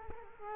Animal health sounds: mosquito wingbeat signal from an infrared sensor; Culex quinquefasciatus

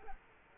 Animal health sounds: mosquito wingbeat signal from an infrared sensor; Culex quinquefasciatus

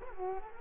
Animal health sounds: mosquito wingbeat signal from an infrared sensor; Culex quinquefasciatus

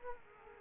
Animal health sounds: mosquito wingbeat signal from an infrared sensor; Culex quinquefasciatus

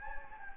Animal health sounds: mosquito wingbeat signal from an infrared sensor; Anopheles gambiae

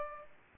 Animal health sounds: mosquito wingbeat signal from an infrared sensor; Aedes aegypti

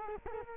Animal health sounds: mosquito wingbeat signal from an infrared sensor; Culex quinquefasciatus

